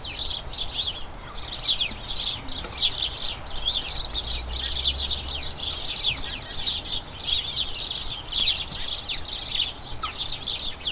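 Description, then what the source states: House sparrows chirping in a flock, a dense, continuous chatter of overlapping high chirps with no pauses, steady throughout. A colony of about a dozen house sparrows in a small front garden as crocuses bloom, chattering excitedly as the colony turns toward the breeding season.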